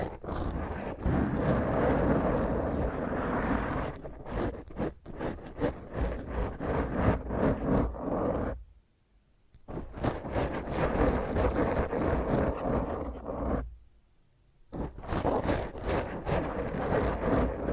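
Rough fingernail scratching on a microphone, loud and dense, with a low rumbling grind under harsh rasping strokes. After about four seconds it breaks into quick repeated scrapes, with near-silent pauses around nine and fourteen seconds before the scratching resumes.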